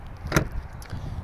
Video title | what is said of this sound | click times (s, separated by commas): 2014 USED CHEVROLET SONIC IN ASHEN GRAY METALLIC WALKAROUND SOLD! 7J472A | then it locks into place just like that | 0.4 s